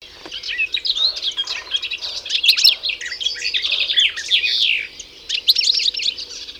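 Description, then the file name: European goldfinch twitter, a dense run of sweet high chirps and tinkling trills, briefly pausing then resuming near the end. "Carduelis carduelis"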